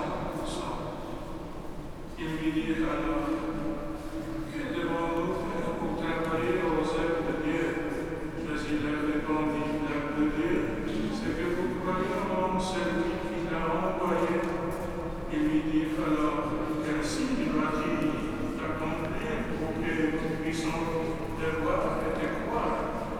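Inside the basilica in the evening, a man's amplified voice fills the space continuously, his words blurred by long echoes that hang in the room. The level stays steady throughout, with occasional footsteps and faint clicks from the crowd beneath.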